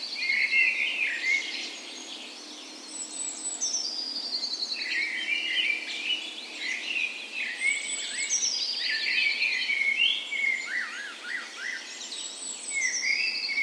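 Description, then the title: Birds: dawn chorus with many birds, warbled phrases and descending trills overlapping, a very high thin note repeating every few seconds. Dawn chorus in a park west in Bergen, Norway, on the morning of 17 May, Norway's National Day, in spring; recorded with Sony PCM A10 and LOM micro Usi mics as tree ears. "17th Of May Dawn Chorus"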